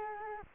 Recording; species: mosquito wingbeat signal from an infrared sensor; Culex quinquefasciatus